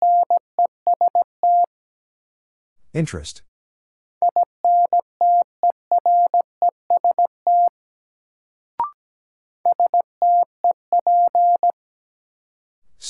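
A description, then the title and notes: A steady mid-pitched tone beeps out Morse code in short dots and longer dashes, grouped into three bursts with silent gaps between them. A brief noisy burst interrupts near three seconds, a click sounds around nine seconds, and another noise appears at the very end. Sets of 5 Words Encore - New Word Drill - 17wpm. First, the word is sent in Morse code. Then it is spoken.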